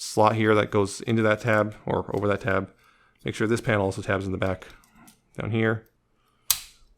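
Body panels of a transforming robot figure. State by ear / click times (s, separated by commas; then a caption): seated / 6.5 s. Someone talks while fitting the plastic body panels of a Nemesis Transforms Masterpiece MP-50 Tigatron transforming robot figure, pressing the panels so their tabs and slots engage. A sharp snap is heard at 6.5 seconds as the panels seat and tab together.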